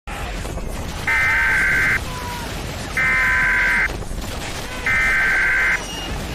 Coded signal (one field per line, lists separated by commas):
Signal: Emergency Alert System (SAME) tones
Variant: header bursts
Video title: EAS Scenario - The Corruption